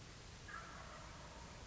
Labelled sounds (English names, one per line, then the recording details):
Wild Turkey
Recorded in Sonoma County, California